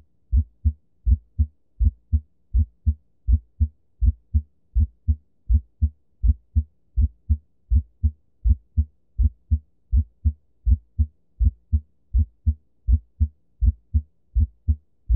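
Regular low-pitched heartbeat at about 81 beats a minute, each cycle a paired first and second sound with no other noise. The first heart sound is split, the mitral component (M1) slightly ahead of the tricuspid (T1), heard in many normal individuals and common with right bundle branch block or with ventricular tachycardia or premature ventricular contractions of right bundle branch block morphology.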